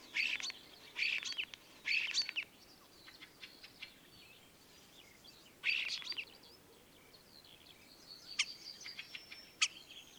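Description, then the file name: Common starling song in short scratchy bursts with a few thin whistles, separated by pauses, over a faint background hiss. Recorded at Dviete. "dviete sturnus vulgaris"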